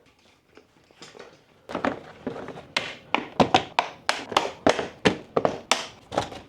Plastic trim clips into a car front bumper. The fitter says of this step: More satisfying clicks. You're welcome.